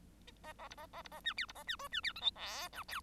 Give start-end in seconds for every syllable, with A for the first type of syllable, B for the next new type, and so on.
0.43-0.53 A, 0.58-0.68 A, 0.70-0.75 B, 0.77-0.87 A, 0.93-1.02 A, 1.04-1.08 B, 1.11-1.21 A, 1.24-1.34 C, 1.37-1.46 D, 1.48-1.52 B, 1.55-1.64 A, 1.67-1.76 C, 1.79-1.88 E, 1.91-2.01 C, 2.03-2.13 D, 2.15-2.21 F, 2.21-2.31 G, 2.35-2.69 H, 2.72-2.84 I, 2.88-3.01 J